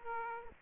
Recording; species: mosquito wingbeat signal from an infrared sensor; Aedes aegypti